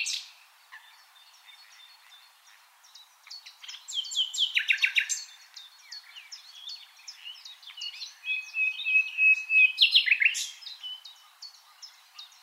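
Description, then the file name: Common nightingale song: two loud, rattling, stuttered phrases with softer varied notes between them. "Luscinia megarhynchos"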